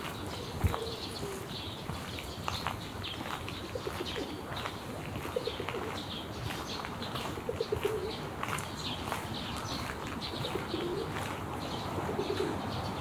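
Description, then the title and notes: Pigeon coos, low and brief, at intervals among sharp clicks and taps over a constant background hum. Pigeons resting and flapping off, recorded on a weekday afternoon in a park in Tokyo; everyday park sounds. "平日の公園と鳩 – Park and pigeons. 平日午後の都内の公園で録音しました、鳩が休憩したり羽ばたいていく音など長閑な？日常の音です。"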